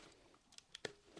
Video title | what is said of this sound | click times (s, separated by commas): Ultimate BEGINNERS GUIDE to Elk Hunting: Part 1 Archery Foundation | clip down Pops in boom not easy | 0.8 s